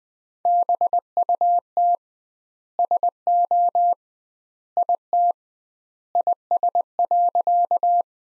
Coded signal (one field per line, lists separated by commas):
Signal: Morse code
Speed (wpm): 20 wpm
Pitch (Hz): 700 Hz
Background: none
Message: BUT SO IT IS.